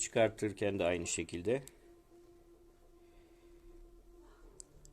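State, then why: Seated. A microSD memory card is pushed fully into the spring-loaded card slot of an x10 mini wifi camera after someone talks. Two sharp clicks are heard at 4.6 s and 4.85 s as the card seats and locks in place, possibly partly from the push-to-eject mechanism. A faint steady hum continues underneath.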